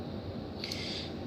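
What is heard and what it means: A plastic tail piece is pushed into its slot on the body of a transforming robot toy, resisting at first before it clips into place. Short plastic clicks are heard at 0.6 and 0.7 seconds over a low background hum. The piece is seated.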